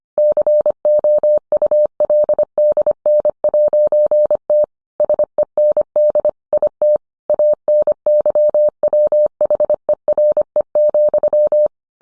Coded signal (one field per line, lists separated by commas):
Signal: Morse code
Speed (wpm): 25 wpm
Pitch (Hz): 600 Hz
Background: none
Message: COULDN'T SEND IT ANYWHERE,